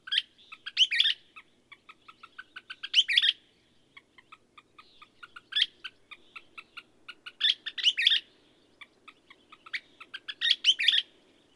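A bird repeats its song across the recording, steady runs of ticking notes alternating with loud, bursting flurries of high chirps every few seconds.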